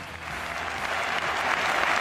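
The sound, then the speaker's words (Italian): A crowd claps steadily and densely, a continuous wash of applause dedicated to the Juventus football team, holding a fairly even loudness and swelling slightly toward the end, with no voices standing out. “Grande partita ieri a Stamford Bridge, ieri abbiamo sentito i fischi meritatissimi per il Milan, oggi sentiamo gli applausi che sono per la Juventus che ci risolleva l'euromorale.”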